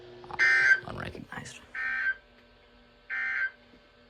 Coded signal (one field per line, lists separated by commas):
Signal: Emergency Alert System (SAME) tones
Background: speech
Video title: Snow Squall Chaos (EAS 467-469)